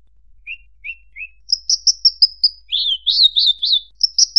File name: suara burung branjangan